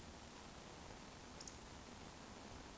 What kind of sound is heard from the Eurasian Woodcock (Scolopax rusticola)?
whistle